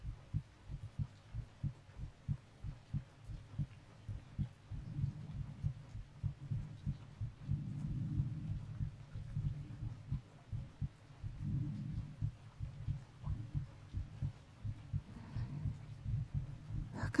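Steady low heartbeat thumps at about 90 beats a minute, heard with an ear pressed against the chest, with soft rustling at times.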